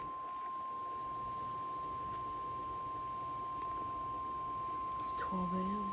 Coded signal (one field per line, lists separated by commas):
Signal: Emergency Alert System (SAME) tones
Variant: 1050 Hz attention tone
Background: speech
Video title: Severe Thunderstorm Warning (EAS 93)